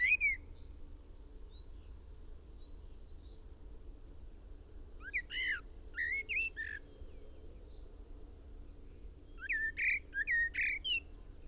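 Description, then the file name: Common blackbird song in short clustered bursts of whistled, sliding notes, three groups spread throughout, over a steady low hum. "Turdus merula"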